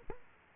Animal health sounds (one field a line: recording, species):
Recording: mosquito wingbeat signal from an infrared sensor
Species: Aedes aegypti